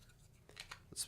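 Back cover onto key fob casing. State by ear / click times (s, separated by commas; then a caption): not seated / none. The plastic back cover of a 2021–2025 Toyota Sienna key fob, opened for a CR2450 battery replacement, is handled and placed onto the key fob casing. Soft plastic taps and scrapes come at about 0.5, 0.6 and 0.7 seconds, with a brighter rustle near 1.0 second. The cover has not clicked into place yet.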